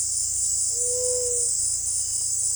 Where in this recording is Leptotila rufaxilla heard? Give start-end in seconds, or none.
0.71-1.49